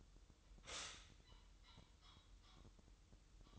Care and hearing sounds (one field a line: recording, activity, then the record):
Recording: daily activity, microphone in the room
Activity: stop toaster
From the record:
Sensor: 3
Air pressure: 988.6 hPa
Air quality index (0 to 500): 195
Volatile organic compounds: 308 ppm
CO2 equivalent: 4498 ppm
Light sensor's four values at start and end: 23/72/30/26 and 23/72/30/26